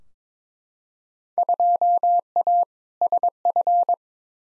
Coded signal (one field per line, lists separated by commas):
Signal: Morse code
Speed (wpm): 22 wpm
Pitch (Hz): 700 Hz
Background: none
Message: 2A SF